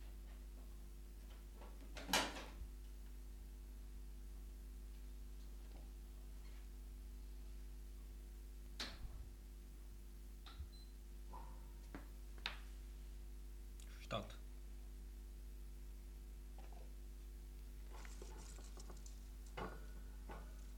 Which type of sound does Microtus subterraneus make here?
defence call